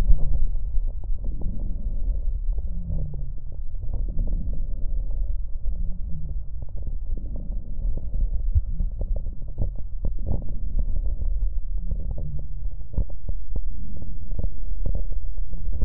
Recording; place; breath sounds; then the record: lung sounds by stethoscope; right posterior lower chest; expiratory wheeze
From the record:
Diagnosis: COPD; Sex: male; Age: 51 years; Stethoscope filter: extended mode, 50 to 500 Hz